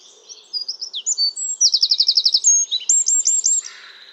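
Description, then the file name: Eurasian wren song: a loud, fast, high-pitched burst of varied notes with rapid rattling trills and ringing repeated phrases, lasting about three seconds. "Troglodytes troglodytes"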